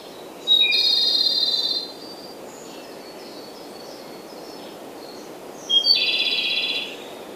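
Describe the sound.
Japanese robin song, two bursts about five seconds apart, each a short high note leading into a loud rapid trill; scattered faint bird notes in between.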